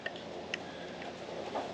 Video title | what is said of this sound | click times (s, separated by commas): Must-See Repairs & Upgrades - NuCamp T@G Boondock Edge XL Tour | which it kind of just snaps into place | 0.1 s, 0.5 s